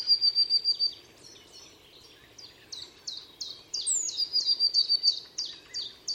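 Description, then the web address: Bird gives quick series of high chirps and sharp downslurred notes, several fast runs of repeated notes in a row, with steady low environmental noise underneath. "cianscape. Deverinetal 2025. Bird Only"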